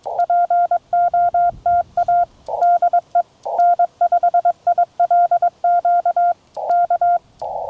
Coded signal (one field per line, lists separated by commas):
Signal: Morse code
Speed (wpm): 22 wpm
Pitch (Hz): 700 Hz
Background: none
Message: POTA DE N5ILQ K